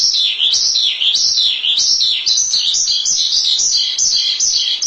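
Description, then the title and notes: Starling song, dense high warbling with looping up-and-down phrases running without a break. "suara burung jalak"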